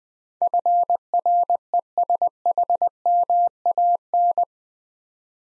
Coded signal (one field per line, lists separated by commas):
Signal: Morse code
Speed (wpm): 20 wpm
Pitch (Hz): 700 Hz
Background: none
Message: FRESHMAN